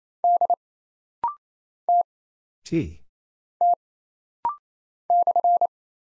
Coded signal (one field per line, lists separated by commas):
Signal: Morse code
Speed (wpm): 27 wpm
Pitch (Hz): 700 Hz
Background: none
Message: D T T /